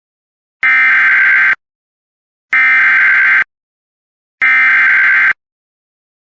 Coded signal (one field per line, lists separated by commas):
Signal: Emergency Alert System (SAME) tones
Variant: header bursts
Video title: WLAT/IP Live Stream - Skywarn Amateur Radio: K3GMR, K4HTA, W3FDK, W3CU & W4IY